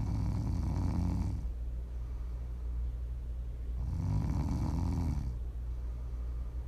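Prime ASMR snoring from an adult sleeper: two low, rumbling snores about three and a half seconds apart, each lasting roughly a second, with quieter breathing in between.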